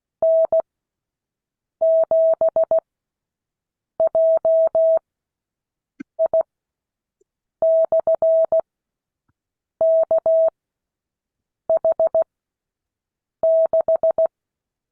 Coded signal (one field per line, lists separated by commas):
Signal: Morse code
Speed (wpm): 16 wpm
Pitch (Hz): 650 Hz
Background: none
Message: N7JI/KH6